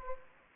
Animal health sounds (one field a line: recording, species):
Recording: mosquito wingbeat signal from an infrared sensor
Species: Anopheles gambiae